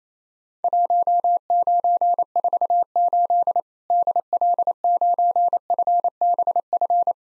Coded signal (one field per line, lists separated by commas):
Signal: Morse code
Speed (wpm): 28 wpm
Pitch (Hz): 700 Hz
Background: none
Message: 1948 DL9FBF